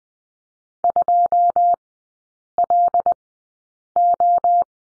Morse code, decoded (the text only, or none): 2LO